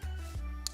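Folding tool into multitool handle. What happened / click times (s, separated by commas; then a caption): A folding metal tool snapped shut into its handle / 0.7 s. A folding screwdriver on a metal Leatherman Free P4 multitool is swung closed, and the handle's bar magnet pulls it home into the handle, holding it in place instead of a detent ball or slip joint. Under a steady low hum and sustained background tones, a sharp, bright click is heard at 0.7 s as the tool seats.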